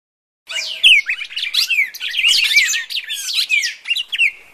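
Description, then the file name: Red-crested Cardinal song: after a brief silence, fast scratchy chirps and bright slurred whistles in a tumbling sequence. Fighting (tarung) call style. "suara burung red crested cardinal tarung omkicau"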